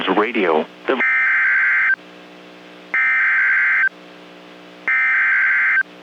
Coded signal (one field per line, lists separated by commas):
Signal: Emergency Alert System (SAME) tones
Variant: header bursts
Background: speech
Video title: Severe Weather Outbreak! - EAS Alert Compilation from 3/2/2023 (PDS SVRs, Triple-Headers and More)